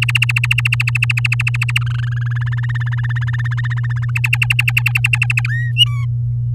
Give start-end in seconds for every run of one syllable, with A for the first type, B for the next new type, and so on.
0.02-1.78 A, 1.81-2.43 B, 2.46-4.10 C, 4.15-5.47 D, 5.48-5.71 E, 5.76-6.05 F